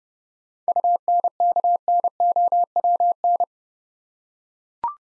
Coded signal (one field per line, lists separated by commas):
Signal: Morse code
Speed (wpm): 29 wpm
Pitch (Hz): 700 Hz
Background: none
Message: UNKNOWN